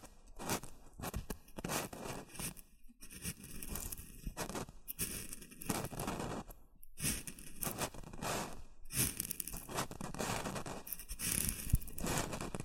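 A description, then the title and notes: Rustling and crinkling runs almost without pause for the whole stretch, made of dense bursts of bright, crackly noise with a papery, tearing texture. The bursts come irregularly, a few each second, with brief near-silent gaps around three and seven seconds and sharper snaps late on. ASMR Rustling and Crinkle Sounds.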